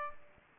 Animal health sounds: mosquito wingbeat signal from an infrared sensor; Aedes albopictus

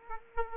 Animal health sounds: mosquito wingbeat signal from an infrared sensor; Aedes aegypti

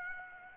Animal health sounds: mosquito wingbeat signal from an infrared sensor; Aedes aegypti

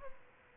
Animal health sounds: mosquito wingbeat signal from an infrared sensor; Aedes albopictus

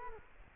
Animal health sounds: mosquito wingbeat signal from an infrared sensor; Culex quinquefasciatus

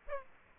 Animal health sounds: mosquito wingbeat signal from an infrared sensor; Aedes aegypti

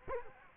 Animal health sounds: mosquito wingbeat signal from an infrared sensor; Culex quinquefasciatus

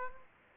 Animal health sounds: mosquito wingbeat signal from an infrared sensor; Culex pipiens

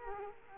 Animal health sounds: mosquito wingbeat signal from an infrared sensor; Culex quinquefasciatus

